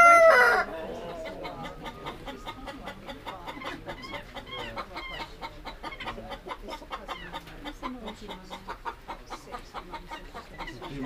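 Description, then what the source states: Chickens clucking, a brief loud harsh call at the start followed by a steady dense chorus of short overlapping clucks throughout. Hens, Campsea.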